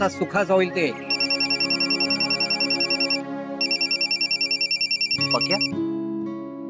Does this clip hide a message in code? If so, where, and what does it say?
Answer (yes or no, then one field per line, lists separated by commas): no